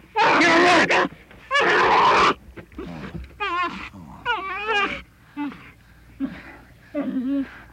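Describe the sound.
Bear giving two loud rasping roars, followed by a string of wavering, quavering moans and grunts that grow quieter.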